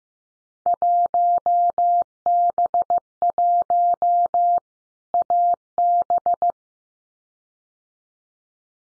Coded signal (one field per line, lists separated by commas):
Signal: Morse code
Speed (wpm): 15 wpm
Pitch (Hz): 700 Hz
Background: none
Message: 1B1 AB